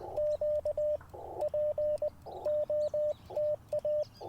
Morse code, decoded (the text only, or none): Q POTA